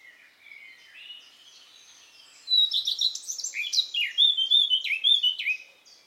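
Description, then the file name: Eurasian blackcap singing: a quiet subdued warble first, then a sudden loud burst of rich fluty whistles and quick descending notes lasting about three seconds. "Sylvia atricapilla"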